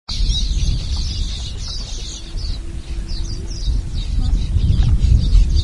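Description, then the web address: Streaked weaver calls, a continuous busy twittering chatter of quick high notes, with low rumbling noise growing louder toward the end. "streaked weaver bird call"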